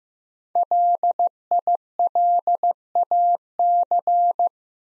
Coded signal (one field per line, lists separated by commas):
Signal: Morse code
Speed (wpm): 15 wpm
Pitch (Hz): 700 Hz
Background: none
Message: LILAC